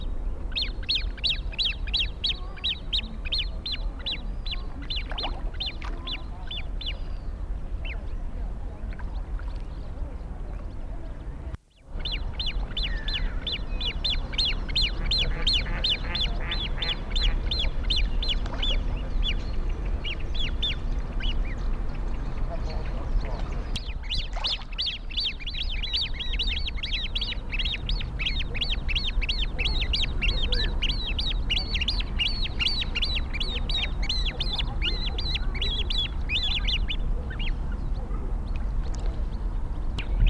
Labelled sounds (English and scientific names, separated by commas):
Great Crested Grebe (Podiceps cristatus) call